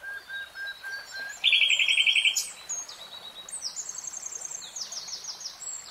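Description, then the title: Nightingale song: soft piping notes, then a loud rapid rattling trill of repeated notes, followed by high whistles and a buzzy repeated phrase over faint background hiss. Nightingale singing in real time. "[Tiếng chim hót] 3 Hours REALTIME Nightingale Singing"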